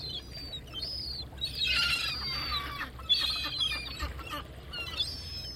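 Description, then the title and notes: Gull cries, several birds squealing and yelping in overlapping calls, dense bursts in the first half then shorter mews, over steady low noise. Various Atlantic gull species scavenging mussel remnants as two fishermen clean mussels, fishing port of Baleeira, Sagres, Portugal. "Fishing port, Baleeira. Baleeira in Sagres. various breeds of Atlantic seagulls, gracefully scavenging the remnants of mussels being cleaned by two diligent fishermen. Recorded by Rafael Diogo. Music for Sleep"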